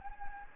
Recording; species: mosquito wingbeat signal from an infrared sensor; Anopheles gambiae